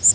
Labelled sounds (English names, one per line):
Northern Waterthrush flight call